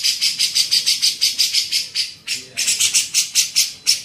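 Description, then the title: Grey-cheeked bulbul rasping call series: rapidly repeated buzzy notes, with a small pause midway. Masteran training recording made for teaching songbirds. "MASTERAN CUCAK JENGGOT"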